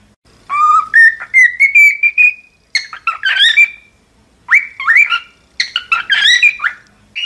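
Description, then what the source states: Cockatiel whistled song: a long rising run of clear notes, then short bursts of warbled, looping whistles with gaps of silence between phrases. One hour of cockatiel song intended for training cockatiels to sing.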